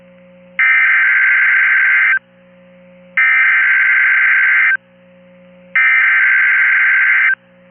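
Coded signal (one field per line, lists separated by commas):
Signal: Emergency Alert System (SAME) tones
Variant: header bursts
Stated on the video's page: Back-to-back Virginia alerts from the Manassas NOAA Weather Radio transmitter.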